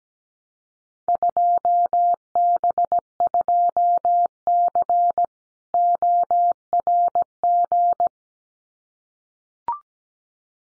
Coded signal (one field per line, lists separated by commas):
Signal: Morse code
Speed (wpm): 17 wpm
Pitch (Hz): 700 Hz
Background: none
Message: 2B2C ORG